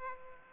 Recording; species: mosquito wingbeat signal from an infrared sensor; Aedes aegypti